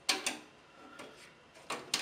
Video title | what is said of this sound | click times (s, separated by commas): Lian Li PC-10N Mid-Tower Case Unboxing + Review | it just snaps right in it's very easy to remove it doesn't slide in and out it does have two little clips the snap in there | 0.1 s, 1.9 s